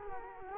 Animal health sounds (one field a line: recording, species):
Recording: mosquito wingbeat signal from an infrared sensor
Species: Culex quinquefasciatus